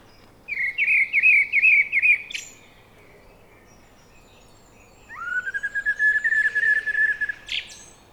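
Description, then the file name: Common blackbird song: two separate phrases, each a low, fluty warble that ends in a brief, high, squeaky flourish, with a silent pause of a few seconds between them. "Turdus merula"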